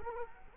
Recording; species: mosquito wingbeat signal from an infrared sensor; Culex quinquefasciatus